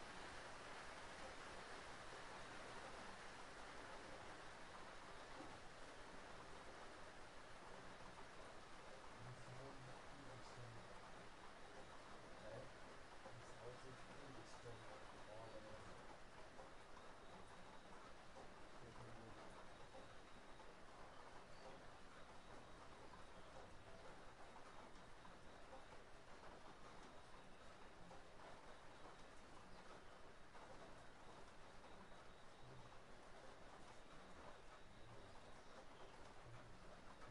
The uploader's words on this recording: Hard Rain: A Soothing Sound from Hitting A Roof. Hard rain sounds.